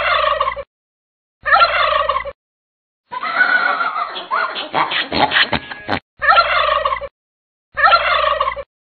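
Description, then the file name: Turkey gobbles in short bursts separated by silent gaps, with one longer, rougher, rattling stretch in the middle before two more brief gobbles. "tieng ga tay keu"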